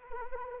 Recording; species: mosquito wingbeat signal from an infrared sensor; Anopheles arabiensis